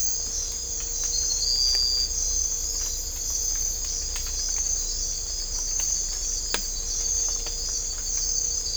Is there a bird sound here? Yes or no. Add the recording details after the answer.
no. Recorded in dense forest near Puerto Asís, Putumayo, Colombia, on 18 December 2024 at 03:00. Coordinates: 0.500, -76.322. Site G053